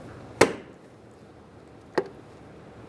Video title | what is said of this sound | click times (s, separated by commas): How to Replace Right Side Mirror Glass 2011-2018 Ram 2500 | very gently push it until it clicks | 0.4 s, 2.0 s